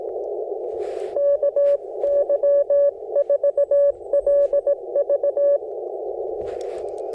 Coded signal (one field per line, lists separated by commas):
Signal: Morse code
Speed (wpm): 20 wpm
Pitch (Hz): 590 Hz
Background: none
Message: KY4LV